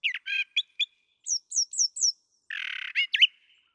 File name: Brown Thrasher